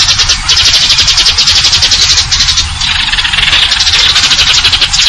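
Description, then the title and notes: Eurasian tree sparrow chattering in dense, high, buzzy chirps without pause over a low humming background. Fighting-type song with long trills and clear voice, used as a masteran tutor recording for contest birds. "GEREJA TARUNG NEMBAK PANJANG SUARA JERNIH MASTERAN WAJIB BURUNG LOMBA. Burung Gereja"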